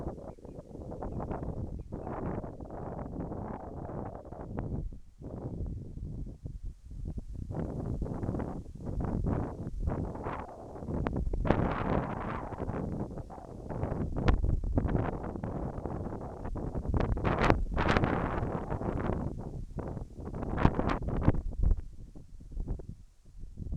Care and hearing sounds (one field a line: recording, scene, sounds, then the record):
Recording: everyday scene through a hearing-aid microphone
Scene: wind on the microphone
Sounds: wind, whistling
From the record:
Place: in front of a rural house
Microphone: behind the ear, left, rear